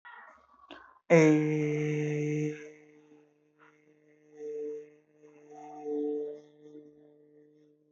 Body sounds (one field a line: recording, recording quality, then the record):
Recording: sustained vowel as in made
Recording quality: excellent, no background noise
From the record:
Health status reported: respiratory illness, not identified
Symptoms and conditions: asthma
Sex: male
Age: 21 years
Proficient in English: yes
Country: India